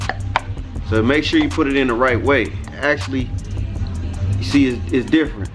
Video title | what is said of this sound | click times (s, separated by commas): Got Hired On The Spot At The Shop Just To Change My Own Oil.🤣 (Daily Vlog) | they give you brand new rings and everything and then you it clicks y'all hear the click | 0.1 s, 0.4 s